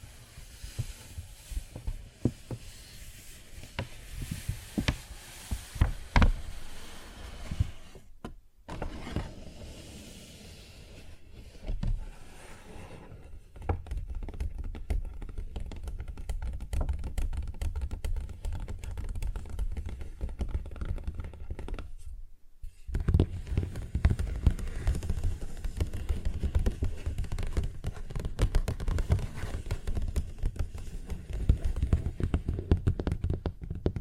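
A paper bag is tapped and scratched in uneven bursts, with sharp taps clustered in the first ten seconds. Denser, continuous rustling and scraping follow, broken by brief silences near 8 and 22 seconds, then grow louder and busier toward the end.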